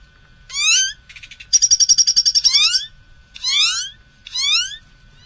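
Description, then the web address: Birds: bird calls: repeated bright upward-sweeping notes in short bursts, broken by a long buzzy rattling trill, loud and clear with little background sound. Many birds calling together, recorded in the morning on 24 March 2006. "bexar Many Birds 20060324 AM"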